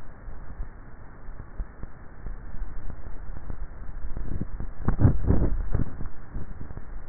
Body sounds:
swallowing sounds by neck microphone; 1
4.88-5.55 s: swallow
From the record:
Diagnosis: dysphagia

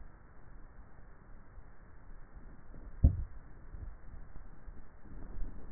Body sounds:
swallowing sounds by neck microphone; 1
2.82-3.95 s: swallow
From the record:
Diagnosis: dysphagia

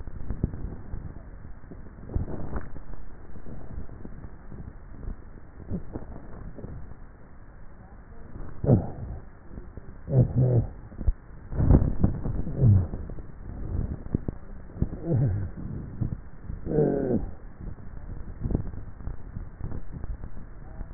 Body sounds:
swallowing sounds by neck microphone; 3
2.25-2.98 s: swallow
5.82-6.52 s: swallow
19.82-20.45 s: swallow
From the record:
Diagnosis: dysphagia

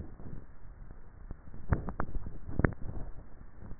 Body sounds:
swallowing sounds by neck microphone; 1
2.25-2.95 s: swallow
From the record:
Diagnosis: dysphagia

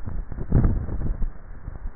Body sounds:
swallowing sounds by neck microphone; 1
0.35-1.18 s: swallow
From the record:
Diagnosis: dysphagia

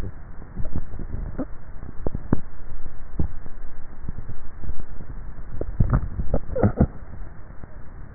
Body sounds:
swallowing sounds by neck microphone; 1
5.45-6.65 s: swallow
From the record:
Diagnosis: dysphagia

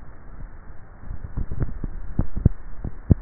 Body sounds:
swallowing sounds by neck microphone; 1
1.35-2.35 s: swallow
From the record:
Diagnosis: dysphagia

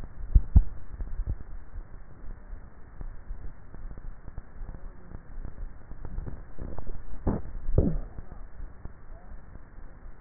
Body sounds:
swallowing sounds by neck microphone; 2
0.38-1.28 s: swallow
6.98-7.82 s: swallow
From the record:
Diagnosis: dysphagia

